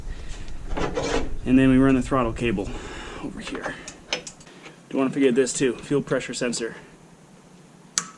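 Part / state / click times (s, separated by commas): harness electrical connector into fuel pressure sensor / seated / 8.0 s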